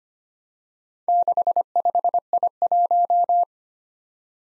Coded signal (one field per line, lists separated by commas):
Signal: Morse code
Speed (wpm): 25 wpm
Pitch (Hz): 700 Hz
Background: none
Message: 65I1